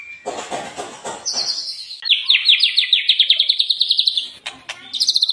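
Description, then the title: White-rumped shama: songbird singing a fast high trill and varied whistles, preceded by a brief rough chattering burst. Lure recording used to make the bird sing in response. "PANCINGAN MURAI BATU GACOR"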